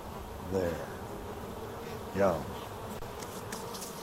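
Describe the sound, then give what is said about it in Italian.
Bees buzzing on a hot, sunny day among almond trees: a soft, steady drone with two louder swells as a bee sweeps past, its pitch bending up and down, and no voices. “Senza api, un terzo di tutto ciò che mangiamo non ci sarebbe.”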